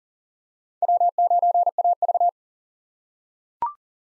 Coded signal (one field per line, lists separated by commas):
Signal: Morse code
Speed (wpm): 37 wpm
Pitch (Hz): 700 Hz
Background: none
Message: W9AV